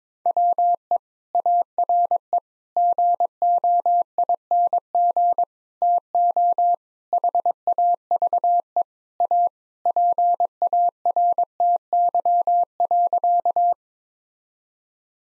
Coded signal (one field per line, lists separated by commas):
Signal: Morse code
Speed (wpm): 22 wpm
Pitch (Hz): 700 Hz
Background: none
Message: WE ARE GOING TO HAVE A PARTY.